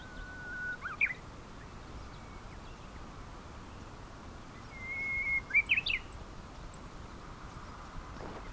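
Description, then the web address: Japanese bush warbler song: a long steady whistle followed by a quick warbled flourish, given twice over a steady background hiss. "sangamaki uguisu"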